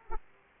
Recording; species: mosquito wingbeat signal from an infrared sensor; Aedes aegypti